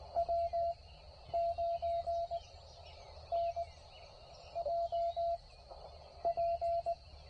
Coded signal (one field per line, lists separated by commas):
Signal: Morse code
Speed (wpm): 18 wpm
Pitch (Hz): 690 Hz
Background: radio noise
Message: W9NJP